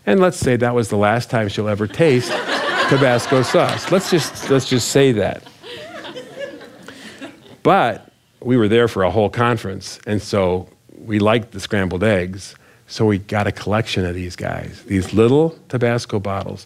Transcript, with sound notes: And let’s say, that was the last time she’ll ever taste Tabasco sauce. Let’s just say that. (laughter) But we were there for a whole conference, and we like the scrambled eggs, so we got a collection of these guys, these little Tabasco bottles.